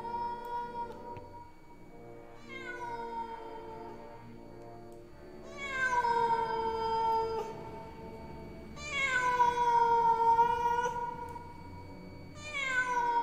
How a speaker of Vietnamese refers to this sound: Ở đâu đó dưới phố, có tiếng một con mèo hoang nào đó kêu lên, đến não ruột.